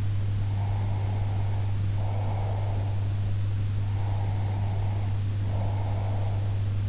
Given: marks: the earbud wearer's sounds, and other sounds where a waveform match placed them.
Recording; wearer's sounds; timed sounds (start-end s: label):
sounds in sleep by an in-ear microphone; breath
0.33-3.18 s: breath
3.90-6.59 s: breath